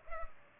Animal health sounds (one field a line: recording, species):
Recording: mosquito wingbeat signal from an infrared sensor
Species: Culex pipiens